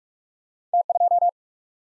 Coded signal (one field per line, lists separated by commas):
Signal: Morse code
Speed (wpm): 38 wpm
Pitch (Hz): 700 Hz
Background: none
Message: T 2